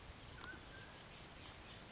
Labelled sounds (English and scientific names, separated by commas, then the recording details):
Mountain Quail (Oreortyx pictus)
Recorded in Sonoma County, California